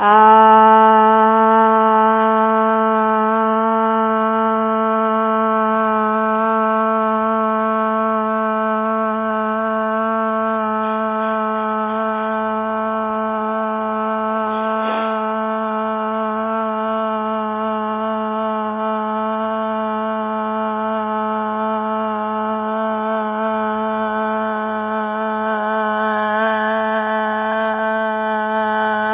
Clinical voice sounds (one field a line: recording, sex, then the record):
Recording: sustained vowel /a/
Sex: female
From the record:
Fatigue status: no fatigue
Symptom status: symptomatic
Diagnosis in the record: COVID-19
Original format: 3gp